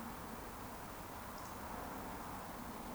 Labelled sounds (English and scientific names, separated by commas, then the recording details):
Eurasian Woodcock (Scolopax rusticola) whistle
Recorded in Baden-Württemberg, Germany, on 13 June 2020 at 20:39 UTC
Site 14569, 102 m above sea level